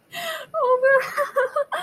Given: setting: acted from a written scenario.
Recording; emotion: vocal sound without words; relief